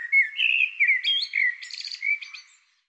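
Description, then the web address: Bird song: one continuous run of varied whistled and chirping notes, sliding between mid and high pitches, fading out at the end. "cianscape birddata Deverinetal 2025 Bird Tu Me Tu Me"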